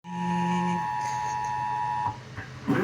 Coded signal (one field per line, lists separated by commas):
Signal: Emergency Alert System (SAME) tones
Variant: 853 and 960 Hz attention tone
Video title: child abduction emergency (EAS#24) Stations KGG68 KTXH DT channels 20.1 TV